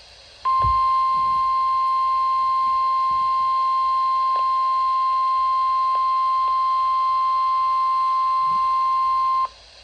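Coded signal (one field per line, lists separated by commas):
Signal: Emergency Alert System (SAME) tones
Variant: 1050 Hz attention tone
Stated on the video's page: Compilation of severe storm and tornado warnings received from several NOAA weather radio transmitters in Ohio, Kentucky, Indiana and Pennsylvania.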